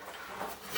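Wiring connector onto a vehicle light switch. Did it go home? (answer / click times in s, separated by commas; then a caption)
no / none. A plastic wiring connector is being worked onto a new headlight switch while the switch is reassembled in an old truck. Only low, steady rubbing and handling noise is heard, with a faint swell near 0.4 s and 0.8 s. Nothing has seated or clicked yet.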